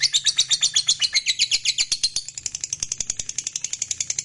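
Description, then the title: Lovebird chattering, a fast shrill stream of high chirps, pulsing steadily throughout. "Suara Lovebird Ini"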